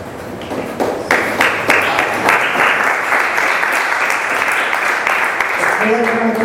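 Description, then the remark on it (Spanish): A crowd at a poetry recital bursts into sustained applause, dense overlapping claps building in the first second and holding steady and loud throughout, with a faint voice emerging near the end. “De los que más aplausos me lo van a dar aquí, los este, pues, más aplausos, no menos aplausos.”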